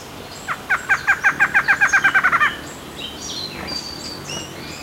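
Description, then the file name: Bird call: a rapid series of many harsh, evenly spaced notes near mid pitch, followed by high thin whistles. "SABIOD 50 bird 2015"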